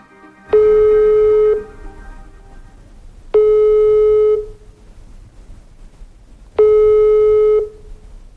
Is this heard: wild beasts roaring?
no